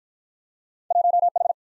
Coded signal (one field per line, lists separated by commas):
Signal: Morse code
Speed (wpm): 46 wpm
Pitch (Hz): 700 Hz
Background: none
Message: 1 H